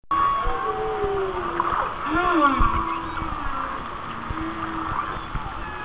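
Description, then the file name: Whale song with drawn-out moans sliding downward and a swooping upsweep midway, a steady hum and crackle running beneath. "Whale Songs"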